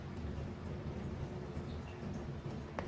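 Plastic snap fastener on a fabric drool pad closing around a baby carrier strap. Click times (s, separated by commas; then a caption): 2.8 s. A plastic snap fastener on a fabric drool pad, folded together over the strap of a Tula Explore baby carrier, is pressed shut. Low, steady background rumble runs throughout until a single sharp click at 2.8 s, when the snap closes and seats.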